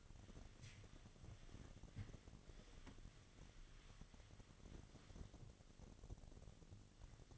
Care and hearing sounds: daily activity, microphone in the room; wipe stove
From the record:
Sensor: 4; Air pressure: 1007.8 hPa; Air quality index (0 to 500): 198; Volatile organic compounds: 7 ppm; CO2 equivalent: 1978 ppm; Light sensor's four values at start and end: 22/71/27/26 and 22/70/27/26

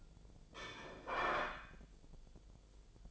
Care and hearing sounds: daily activity, microphone in the room; place plate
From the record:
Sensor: 5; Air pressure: 1009.4 hPa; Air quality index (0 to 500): 168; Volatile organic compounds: 4 ppm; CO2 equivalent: 1629 ppm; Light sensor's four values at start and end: 99/263/107/114 and 99/263/107/114

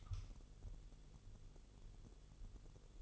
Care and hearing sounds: daily activity, microphone in the room; light on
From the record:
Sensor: 4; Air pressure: 1008.6 hPa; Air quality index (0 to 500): 98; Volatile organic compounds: 1 ppm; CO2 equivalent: 733 ppm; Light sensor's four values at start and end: 11/26/10/9 and 12/28/11/10

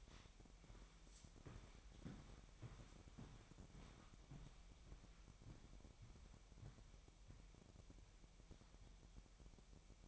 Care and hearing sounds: daily activity, microphone in the room; walk to room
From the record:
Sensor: 1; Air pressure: 1012.3 hPa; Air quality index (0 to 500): 194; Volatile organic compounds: 4 ppm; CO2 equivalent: 1563 ppm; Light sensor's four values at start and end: 81/195/82/88 and 81/195/82/87

